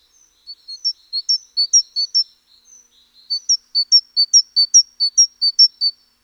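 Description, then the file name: Great tit giving bright, high two-note phrases repeated in a rapid series, a brief pause with softer notes, then another longer run; nothing else audible. "Parus major"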